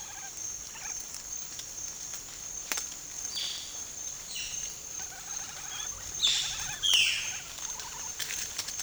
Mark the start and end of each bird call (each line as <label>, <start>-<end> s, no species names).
bird call, 0.00-0.97 s
bird call, 3.33-8.09 s